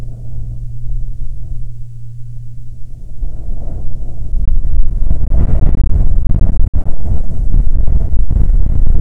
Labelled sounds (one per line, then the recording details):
wind
aircraft
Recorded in the Prudhoe Bay oil fields, Alaska, on 12 June 2019 at 10:23
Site 13